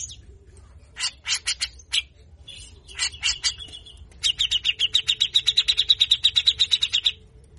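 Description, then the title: Grey-cheeked bulbul delivering a few scratchy notes, then a long rapid rattling trill of rasping chirps lasting about three seconds. Training song for songbird keepers: harsh 'besetan kasar' song, meant to get a cucak jenggot to sing readily (gacor). "MASTERAN CUCAK JENGGOT GACOR FULL BESETAN KASAR. Jenggot Bahan Cepat Gacor hanya Dengar Besetanya"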